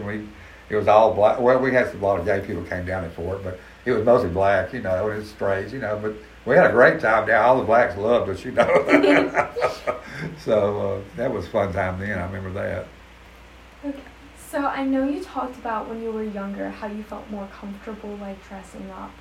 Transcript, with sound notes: We- it was all Black- well we had some- lot of gay people came down here for it, but it was mostly Blacks, you know, and straights, you know, but we had a great time there. All the Blacks loved us, you know. (laughs) So uh, that was a fun time then. I remember that.
Okay. So, I know you talked about when you were younger how you felt more comfortable, like, dressing up.